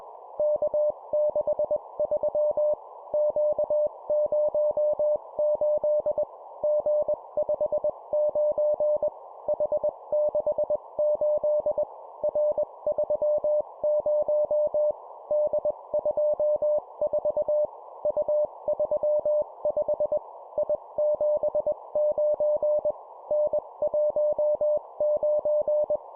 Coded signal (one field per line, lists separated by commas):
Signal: Morse code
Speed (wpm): 21 wpm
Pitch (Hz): 600 Hz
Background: none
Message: K63 Q08 G59 H68 R30 D24 U35 I79 N19